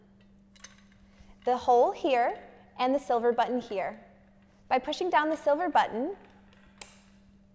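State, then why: Seated. A silver spring push-button on a backdrop crossbar is pushed down, the crossbar tube's hole is aligned over it, and the button snaps into the hole with a sharp click at 6.8 s. Someone talks over most of the clip. The button is seated and the crossbar is secure.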